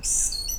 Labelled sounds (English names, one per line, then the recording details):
Stitchbird song
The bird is a male
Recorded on Tiritiri Matangi Island, New Zealand, in 2005
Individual 5, of nest box 6